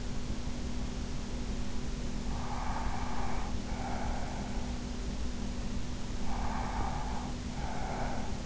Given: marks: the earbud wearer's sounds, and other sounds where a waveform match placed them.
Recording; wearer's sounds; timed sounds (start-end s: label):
sounds in sleep by an in-ear microphone; breath
2.46-4.58 s: breath
6.12-8.46 s: breath